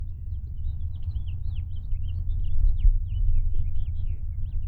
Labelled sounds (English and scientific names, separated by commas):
House Finch (Haemorhous mexicanus) song